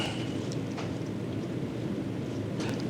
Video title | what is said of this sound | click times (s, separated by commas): Scout Restoration Yukon: Dashboard Assembly 2. Bonus Packard 56 Overview | Now, if we put it back together, can hear it click. | 0.5 s